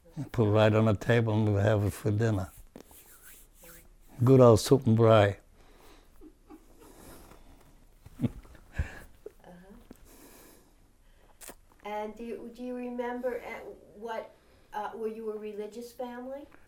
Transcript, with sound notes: Put it right on the table and we would have it for dinner. Good old soup and rye. (he laughs)
And do you, do you remember what, were you a religious family?